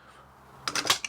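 A Carbine NightHawk rim lock (night latch) has its deadbolt turned by hand with no snib, driving the bolt out of the rim lock body. After a quiet stretch, sharp clicks sound at 0.7, 0.9 and 1.1 seconds as the deadbolt clicks into its thrown position.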